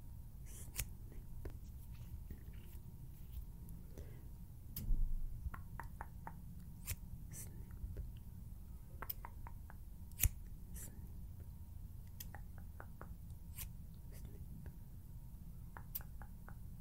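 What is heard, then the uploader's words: Scissors snip and click in short, crisp bursts throughout, often in quick runs of three or four, with a thump of handling near five seconds and a sharp snap just past ten. A low, steady rumble sits underneath the whole time. HAND SOUNDS, FINGER FLUTTERING, SCISSORS SOUNDS.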